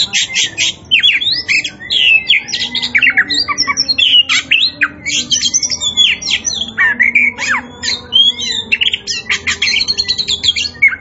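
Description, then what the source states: Oriental magpie-robin pouring out a loud, jumbled song of harsh squawky notes mixed with clear whistled slides. Indonesian local type called Kacer Poci; described as gacor, singing vigorously and continuously.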